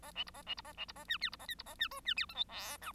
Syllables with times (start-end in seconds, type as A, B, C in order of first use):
0.02-0.12 A, 0.15-0.24 B, 0.26-0.31 C, 0.34-0.42 A, 0.46-0.55 B, 0.57-0.62 C, 0.64-0.73 A, 0.77-0.85 B, 0.88-0.92 C, 0.95-1.04 A, 1.07-1.18 D, 1.21-1.30 E, 1.32-1.36 C, 1.39-1.46 A, 1.48-1.55 F, 1.58-1.63 C, 1.65-1.75 A, 1.78-1.88 D, 1.91-2.00 G, 2.04-2.14 D, 2.16-2.26 E, 2.29-2.34 H, 2.35-2.45 I, 2.48-2.77 J, 2.81-2.92 K